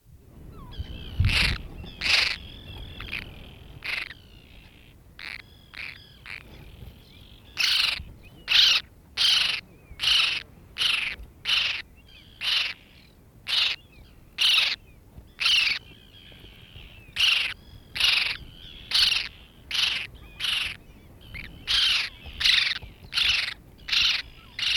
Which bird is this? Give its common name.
Arctic Tern